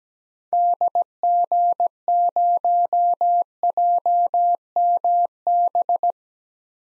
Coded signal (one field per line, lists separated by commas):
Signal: Morse code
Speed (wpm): 17 wpm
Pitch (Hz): 700 Hz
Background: none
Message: DG0JMB